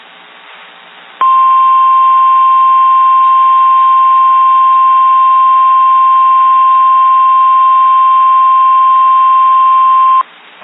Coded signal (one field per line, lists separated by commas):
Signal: Emergency Alert System (SAME) tones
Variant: 1050 Hz attention tone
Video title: Severe T-Storm Warning (EAS 274)